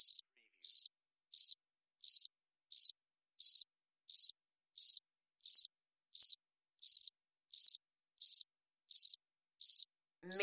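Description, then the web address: Cricket chirps: many short, high rasping bursts repeated steadily about every 0.7 seconds, with a faint lower sound at the very end. Single chirp. "sound-effects-bible Cricket Single Chirp"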